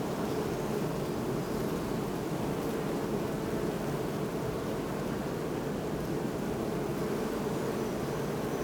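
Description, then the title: Honey bees producing a continuous low buzzing hum, a thick even drone that holds level for the whole stretch. Hum of hundreds of bees at beehives in a botanical garden in Oldenburg; recorded with a Sony PCM D50. "Botanischer Garten Oldenburg - bee hive"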